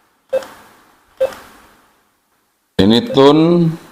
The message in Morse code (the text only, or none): none